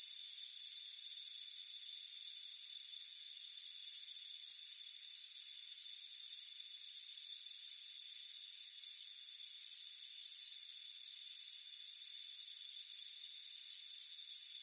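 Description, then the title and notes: Regular high cricket chirps, each a short buzzy trill, recur a little more than once a second over a constant shrill background drone. Crickets chirping on a warm afternoon on a front porch. "Soothing Crickets Chirping Sound. It's a warm afternoon as you relax in a hammock on the front porch. Relax and fall asleep to the soothing sound of chirping crickets"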